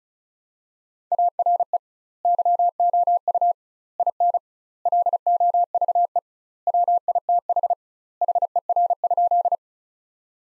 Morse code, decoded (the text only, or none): ARE YOU IN LOVE WITH HER?